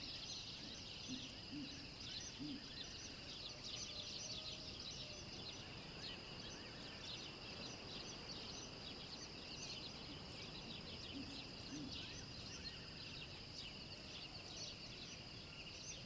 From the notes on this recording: gliding along a wide river that winds through a land teeming with wild animals